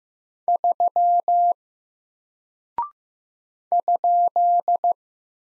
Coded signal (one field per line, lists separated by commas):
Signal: Morse code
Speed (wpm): 15 wpm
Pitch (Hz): 700 Hz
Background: none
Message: 3 ?